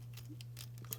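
Plastic chest panel of a transforming toy robot action figure is clipped onto its abdomen section during its car-mode transformation. Several light plastic ticks and handling taps sound over a steady low hum. The chest seats with the sharpest, loudest click at 0.9 s.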